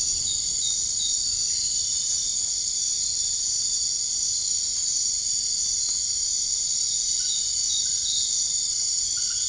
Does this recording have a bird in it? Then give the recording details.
no. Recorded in dense forest near Puerto Asís, Putumayo, Colombia, on 21 March 2025 at 01:30. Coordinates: 0.485, -76.318. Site G056